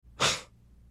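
A single sneeze from an adult: a brief, forceful burst of breath noise, strongest in the high frequencies, rising sharply and fading within about a third of a second.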